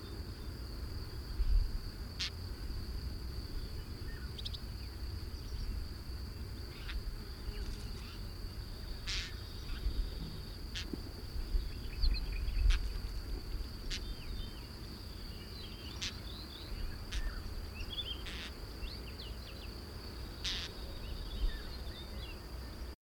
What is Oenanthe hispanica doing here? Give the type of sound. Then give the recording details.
call. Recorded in the wild. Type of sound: call. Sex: Männchen. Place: Kardžali, Khaskovo, BG. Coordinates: 41.634, 25.378. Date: 1974-05-30. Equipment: Nagra III BH, Sennheiser MD 21, parabola. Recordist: Schubert, Michael. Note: Rufe von Mittelmeersteinschmätzer Männchen (nicht ganz gelöschte Aufnahmereste)